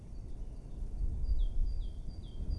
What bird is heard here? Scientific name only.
Parus major